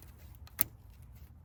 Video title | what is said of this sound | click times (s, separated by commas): ATTEMPTING TO INSTALL A CATCH CAN | plug this bad boy in on here, and you should hear it click. | 0.6 s